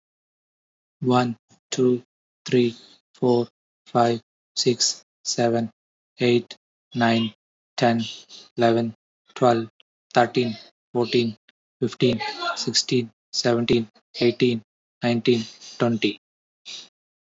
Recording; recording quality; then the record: counting at a normal pace; excellent, no background noise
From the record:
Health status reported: healthy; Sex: male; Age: 38 years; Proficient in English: yes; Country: India